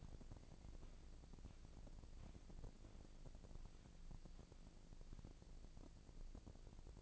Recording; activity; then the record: daily activity, microphone in the room; walk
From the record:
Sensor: 5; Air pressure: 1012.3 hPa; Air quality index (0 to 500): 154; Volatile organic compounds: 2 ppm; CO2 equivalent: 1058 ppm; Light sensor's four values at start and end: 294/706/301/336 and 293/704/300/335